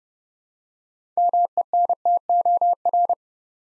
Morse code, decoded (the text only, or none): MENTOR